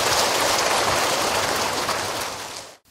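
An audience breaks into applause, a dense, steady crackle of many hands clapping that holds evenly for almost three seconds, then cuts off abruptly. No one speaks over it.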